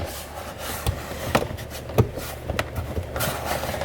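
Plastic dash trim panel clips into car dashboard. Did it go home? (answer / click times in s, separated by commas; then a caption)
yes / 0.9 s, 1.4 s, 2.0 s, 2.6 s. A plastic dash trim panel holding a new USB extender port is pressed back into a car dashboard. Its retaining clips snap in with sharp clicks at 0.9, 1.4, 2.0 and 2.6 seconds over a low background hum. The panel ends up seated.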